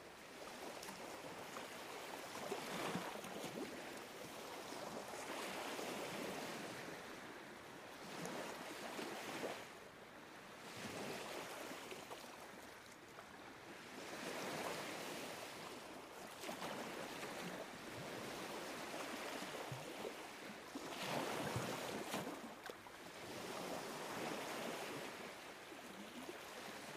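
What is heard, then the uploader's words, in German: Sea noise by the shore: a steady, dense wash of surf that swells and eases every few seconds, with brighter surges around 3, 9, 15 and 21 seconds. The rush is continuous, with no other sounds standing out. Meditation Einschlafen mit Meeresrauschen. Naturgeräusche am Meer.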